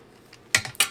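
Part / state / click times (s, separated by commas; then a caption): extension arm going into a paper trimmer base / seated / 0.6 s, 0.8 s. The extension arm of a paper trimmer is pulled out and pushed back into the trimmer base. Two sharp, bright clicks ring out at 0.6 s and 0.8 s, with fainter ticks in between. The arm clicks back into place and is seated.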